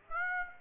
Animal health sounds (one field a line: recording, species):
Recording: mosquito wingbeat signal from an infrared sensor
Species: Aedes aegypti